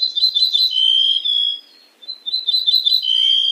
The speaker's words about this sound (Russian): овсянка, насколько я помню, может, Ника меня поправит, она поет как будто тоже в том же тембре, но очень-очень ровно.